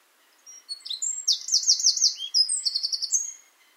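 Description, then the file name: Eurasian wren song phrase: a rapid, very high stream of sharp notes running into two trills, about three seconds long. "Troglodytes troglodytes"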